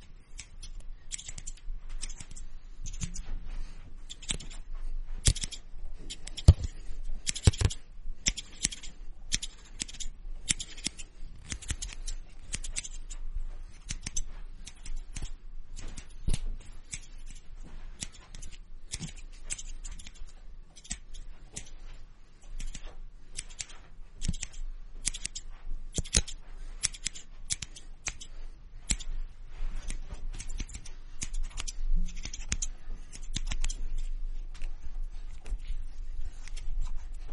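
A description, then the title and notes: Scissors snip rapidly and irregularly throughout, dense crisp clicks with brushing comb sounds, over a faint low hum, simulating a haircut. Scissors and combs simulate hair cutting, 360-degree immersive experience.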